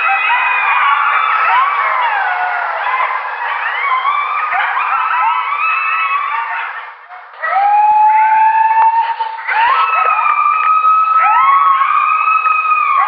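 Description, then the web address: Coyotes in a group chorus of wavering howls and rapid yips, overlapping and sliding up and down, with a brief lull about seven seconds in. "Coyote -Coyote. Howling"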